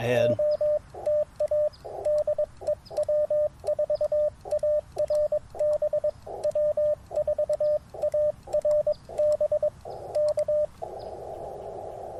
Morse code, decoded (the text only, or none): OTA DE W4ARB W4ARB K